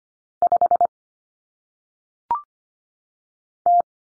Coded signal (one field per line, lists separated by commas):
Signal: Morse code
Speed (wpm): 25 wpm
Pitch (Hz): 700 Hz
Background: none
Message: 5 T